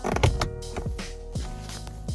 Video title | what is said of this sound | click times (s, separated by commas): Getting a custom steering wheel retrim - Royal Steering Wheels - | Okay, so you heard one side just clicking. If you try lift it, it won't lift. And then this side just push. | 0.2 s